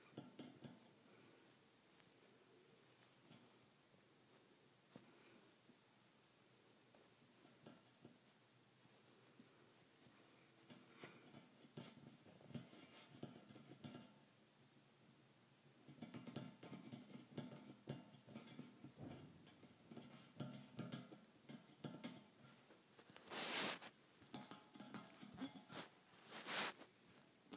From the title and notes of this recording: ASMR Metal Bars Tapping on Metal.